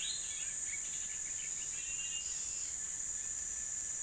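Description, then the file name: Bird calls, a loose run of faint high chirps in the first few seconds, over a steady high insect-like hiss. United States, 17 December 2021. "US 20211217 birds"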